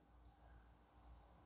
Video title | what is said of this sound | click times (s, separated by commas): OPHIUCHUS ODYSSEUS MST -Cloth Myth EX Metal - [ Saint Seiya : Next Dimension] Unboxing Review | até agarra aqui, mas ele não encaixa todo. | 0.2 s